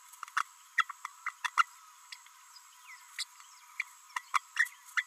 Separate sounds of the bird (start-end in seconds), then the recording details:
0.36-0.40, 0.77-0.85, 1.26-1.31, 1.44-1.48, 1.57-1.63, 3.18-3.24, 3.79-3.84, 4.16-4.22, 4.33-4.39, 4.56-4.67, 4.96-5.04. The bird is a female. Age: 32 days. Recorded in a nest box in Venezuela. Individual 17B32A5